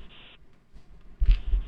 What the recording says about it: I have this sound in my knee. And my knee makes a sound. that's called crepitus. Crepitus can occur either between the tibia, which is the leg bone, and the femur, which is the thigh bone. Those, when you don't have enough cushion and you flex and bend your knee, you will hear a little grinding sensation.